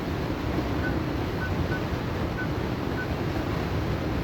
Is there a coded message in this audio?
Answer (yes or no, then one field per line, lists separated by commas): no